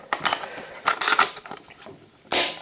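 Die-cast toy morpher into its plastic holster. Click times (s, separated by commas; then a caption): 0.1 s. A die-cast toy morpher is pushed into its plastic belt holster and snaps into place at 0.1 s, seated firmly so it will not fall out easily. Further clicks and rattles of handling follow, with a louder clack near the end.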